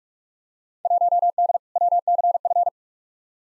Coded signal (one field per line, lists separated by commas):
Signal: Morse code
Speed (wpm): 42 wpm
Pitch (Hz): 700 Hz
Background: none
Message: 1D WCF